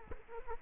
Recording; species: mosquito wingbeat signal from an infrared sensor; Culex quinquefasciatus